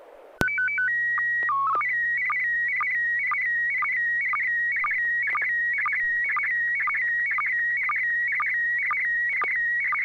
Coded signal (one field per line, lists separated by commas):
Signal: SSTV (slow-scan television)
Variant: PD 120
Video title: N6NA SSTV Net - 01/05/2022